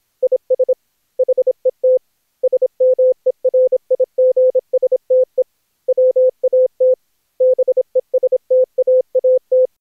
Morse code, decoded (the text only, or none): IS HET SMERIGSTE WAT BESTAAT